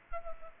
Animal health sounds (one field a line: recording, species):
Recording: mosquito wingbeat signal from an infrared sensor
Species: Culex pipiens